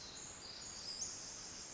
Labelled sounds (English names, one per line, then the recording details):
Pacific Wren
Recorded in Sonoma County, California